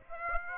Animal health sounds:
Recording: mosquito wingbeat signal from an infrared sensor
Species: Aedes aegypti

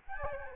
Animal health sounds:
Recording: mosquito wingbeat signal from an infrared sensor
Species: Aedes albopictus

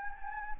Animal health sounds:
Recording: mosquito wingbeat signal from an infrared sensor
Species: Anopheles gambiae

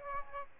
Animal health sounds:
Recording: mosquito wingbeat signal from an infrared sensor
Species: Aedes aegypti

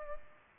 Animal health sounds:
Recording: mosquito wingbeat signal from an infrared sensor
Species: Culex pipiens

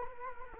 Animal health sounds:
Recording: mosquito wingbeat signal from an infrared sensor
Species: Culex quinquefasciatus

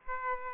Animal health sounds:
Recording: mosquito wingbeat signal from an infrared sensor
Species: Aedes aegypti

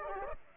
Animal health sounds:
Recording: mosquito wingbeat signal from an infrared sensor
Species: Aedes aegypti

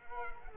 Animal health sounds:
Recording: mosquito wingbeat signal from an infrared sensor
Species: Culex quinquefasciatus

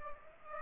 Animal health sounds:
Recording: mosquito wingbeat signal from an infrared sensor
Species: Aedes aegypti

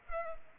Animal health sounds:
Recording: mosquito wingbeat signal from an infrared sensor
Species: Culex pipiens

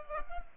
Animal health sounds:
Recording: mosquito wingbeat signal from an infrared sensor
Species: Culex pipiens

